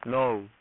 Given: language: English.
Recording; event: throat vibration sensor signal played as sound; speech